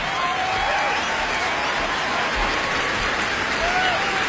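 A crowd applauds steadily after a live performance, a dense wash of many hands clapping at an even loudness throughout, with faint whistles rising now and then above it.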